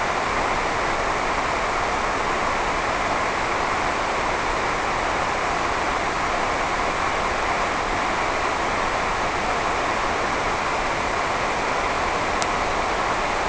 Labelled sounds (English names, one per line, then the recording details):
none
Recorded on Arctic tundra, site NAIT-1, on 28 June 2018
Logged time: 11:00